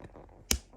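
The USB-C cable plug of a LaCie 500G SSD external drive is pushed into one of a Mac laptop's two USB-C ports. After a few faint quiet ticks, a single loud, sharp snap sounds at 0.5 s as the plug seats in the port.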